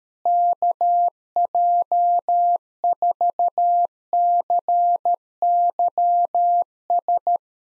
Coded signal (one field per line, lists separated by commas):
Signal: Morse code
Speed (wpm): 13 wpm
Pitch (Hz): 700 Hz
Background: none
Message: KJ4CYS